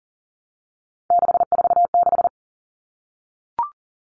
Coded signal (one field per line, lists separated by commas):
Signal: Morse code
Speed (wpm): 40 wpm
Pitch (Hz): 700 Hz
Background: none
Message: 646